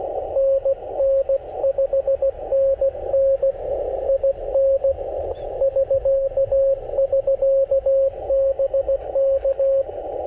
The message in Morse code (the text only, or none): NN 5NN IN <SK> <SK> BK